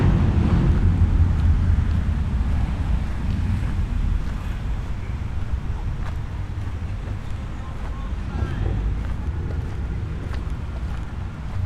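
A walk through the historic city of Bath, with a steady low rumble of traffic or wind filling the bottom end throughout. Faint voices and brief clicks and footstep-like taps come through now and then, and the overall level stays fairly even.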